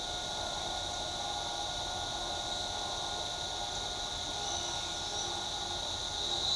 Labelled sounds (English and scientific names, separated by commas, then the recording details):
none
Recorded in shrubland near Pivijay, Magdalena, Colombia, on 16 April 2023 at 08:30
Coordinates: 10.453, -74.365
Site P5-G022